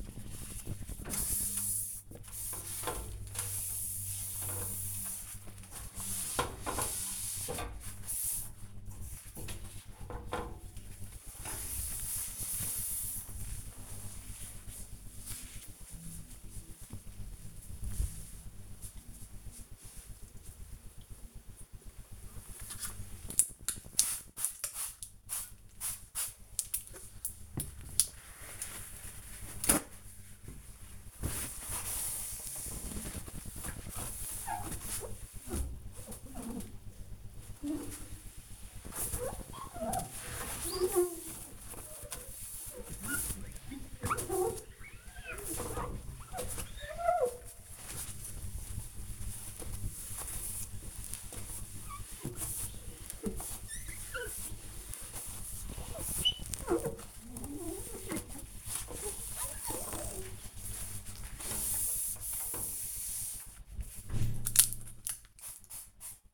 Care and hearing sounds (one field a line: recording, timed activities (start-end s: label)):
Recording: household activities, microphone on the right wrist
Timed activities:
0.00-13.67 s: bathroom cleaning (mirror)
21.71-66.34 s: bathroom cleaning (mirror)